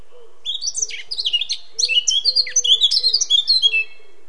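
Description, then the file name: Eurasian blackcap singing a lively, tumbling warble of sweet whistles and quick chirps for several seconds, while low mellow hoots sound faintly in the background. "Sylvia atricapilla"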